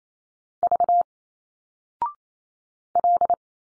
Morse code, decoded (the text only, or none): V L